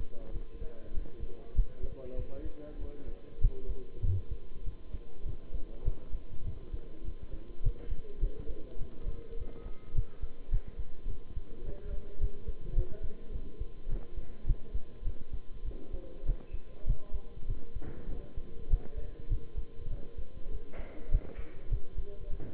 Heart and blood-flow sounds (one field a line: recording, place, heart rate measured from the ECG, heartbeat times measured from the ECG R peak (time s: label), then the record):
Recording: heart sounds by stethoscope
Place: between the tricuspid and mitral areas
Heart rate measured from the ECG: 101 bpm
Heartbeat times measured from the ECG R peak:
0.31 s: heartbeat
0.93 s: heartbeat
1.54 s: heartbeat
2.16 s: heartbeat
2.78 s: heartbeat
3.40 s: heartbeat
4.02 s: heartbeat
4.64 s: heartbeat
5.24 s: heartbeat
5.84 s: heartbeat
6.44 s: heartbeat
7.03 s: heartbeat
7.62 s: heartbeat
8.20 s: heartbeat
8.78 s: heartbeat
9.36 s: heartbeat
9.94 s: heartbeat
10.50 s: heartbeat
11.07 s: heartbeat
11.63 s: heartbeat
12.19 s: heartbeat
12.75 s: heartbeat
13.31 s: heartbeat
13.88 s: heartbeat
14.46 s: heartbeat
15.04 s: heartbeat
15.64 s: heartbeat
16.25 s: heartbeat
16.86 s: heartbeat
17.47 s: heartbeat
18.08 s: heartbeat
18.69 s: heartbeat
19.29 s: heartbeat
19.89 s: heartbeat
20.50 s: heartbeat
21.10 s: heartbeat
21.70 s: heartbeat
22.29 s: heartbeat
From the record:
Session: bicycle stress test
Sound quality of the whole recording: good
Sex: male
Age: 23 years